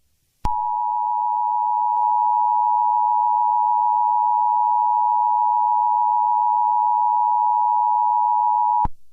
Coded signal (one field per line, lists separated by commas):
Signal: Emergency Alert System (SAME) tones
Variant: 853 and 960 Hz attention tone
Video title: EAS Scenario #37 The Halloween Moon Part 1